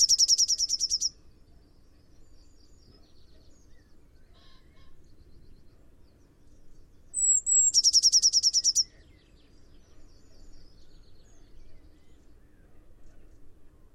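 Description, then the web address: Eurasian blue tit: the end of one fast high trill, then after a pause a thin whistled note running into another rapid, ringing trill. "cianscape. Deverinetal"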